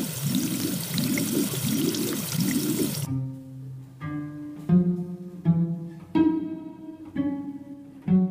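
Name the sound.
running tap water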